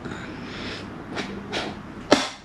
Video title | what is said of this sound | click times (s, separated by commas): GPS MOTO TOMTOM RIDER 550 | Voilà, vous avez entendu le clic. | 2.1 s